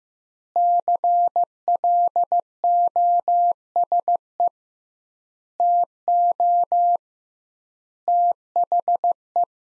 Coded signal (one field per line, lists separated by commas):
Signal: Morse code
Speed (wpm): 15 wpm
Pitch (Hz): 700 Hz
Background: none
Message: CLOSE TO THE